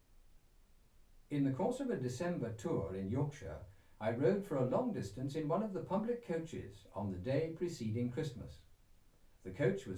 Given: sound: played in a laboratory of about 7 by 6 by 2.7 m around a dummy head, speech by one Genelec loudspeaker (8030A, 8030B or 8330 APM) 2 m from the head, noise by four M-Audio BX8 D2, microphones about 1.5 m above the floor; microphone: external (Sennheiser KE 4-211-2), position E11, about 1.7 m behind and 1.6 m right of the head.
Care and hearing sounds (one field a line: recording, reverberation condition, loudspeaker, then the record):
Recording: male speech in English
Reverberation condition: low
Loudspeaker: 120 degrees to the left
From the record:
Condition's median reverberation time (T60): about 310 ms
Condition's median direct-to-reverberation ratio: about 3.5 dB